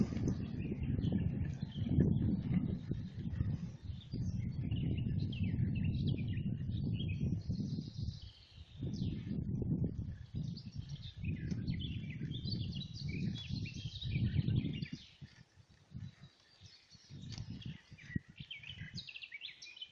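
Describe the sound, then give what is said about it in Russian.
A common starling sings a busy, varied stream of high chirps, whistles and squeaky trills over a steady low rumble that drops away near the end, leaving the song clearer. “остановился, и мы слушаем пение. Я думаю, это скворец.”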